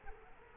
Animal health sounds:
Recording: mosquito wingbeat signal from an infrared sensor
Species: Culex quinquefasciatus

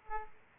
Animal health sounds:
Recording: mosquito wingbeat signal from an infrared sensor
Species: Aedes aegypti

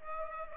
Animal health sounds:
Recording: mosquito wingbeat signal from an infrared sensor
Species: Culex pipiens

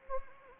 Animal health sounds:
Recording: mosquito wingbeat signal from an infrared sensor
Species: Anopheles arabiensis

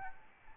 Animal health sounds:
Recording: mosquito wingbeat signal from an infrared sensor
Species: Aedes albopictus

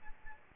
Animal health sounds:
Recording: mosquito wingbeat signal from an infrared sensor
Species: Aedes albopictus

